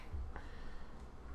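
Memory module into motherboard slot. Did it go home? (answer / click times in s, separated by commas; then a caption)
no / none. A memory module is pushed down into a motherboard slot, but it does not seat. A single brief knock sounds at about 0.4 s, and it is not a latch click. Neither side has clicked yet, and the module has not gone in.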